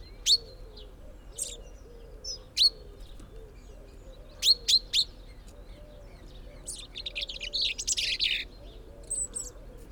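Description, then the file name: Common chaffinch calls: short, sharp, bright notes given singly or in pairs at irregular intervals, followed later by a burst of buzzy chatter. "Fringilla coelebs"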